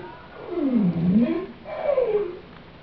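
Whale call: a low moaning sweep that dips and rises again, then after a short pause a second tonal moan that slides steadily downward.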